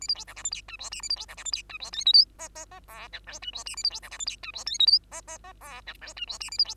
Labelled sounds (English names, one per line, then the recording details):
Bengalese Finch song
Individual Bird2